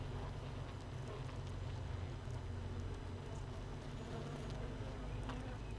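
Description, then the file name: Honey bee: low steady droning of honey bees inside a hive, an even buzzing hum with scattered faint ticks above it. Queenless hive, Hive 1, recorded 31 May 2018 at 15:30. "Hive 1 31 05 2018 NO Queen Bee H 1"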